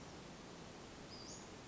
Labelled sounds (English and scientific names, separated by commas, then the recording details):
Western Flycatcher (Empidonax difficilis)
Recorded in Sonoma County, California